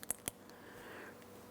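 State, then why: Seated. A stamped steel brake pad abutment clip (tin) for the front brake caliper of a 2015-2025 Ford Transit 250 is lined up with the caliper mounting bracket and pressed in by hand. Two sharp clicks ring out at 0.1 s and 0.3 s as it snaps into the bracket, followed by a quiet hiss. The clip is seated and stays put when tugged.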